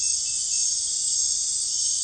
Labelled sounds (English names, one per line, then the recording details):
none
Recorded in secondary vegetation near Puerto Asís, Putumayo, Colombia, on 21 December 2024 at 19:00
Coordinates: 0.484, -76.319
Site GP06